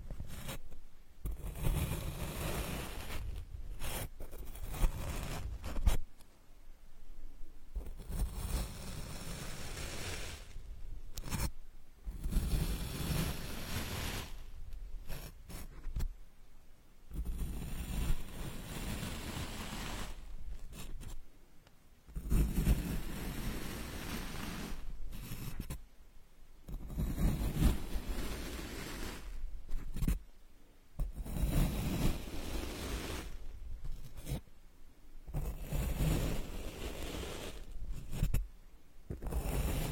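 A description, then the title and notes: Straw therapy ear digging: scratchy, rustling scrapes come in bursts of a few seconds each, broken by short silent pauses. The texture is dense and crackly, with a deep rumbling undertone, and the rhythm of the strokes stays irregular throughout. Unique straw therapy ear digging experience.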